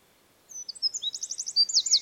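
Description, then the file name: Eurasian wren song: after a brief silence, high, rapid, piercing notes and fast rattling trills pour out, growing louder toward the end. "Troglodytes troglodytes"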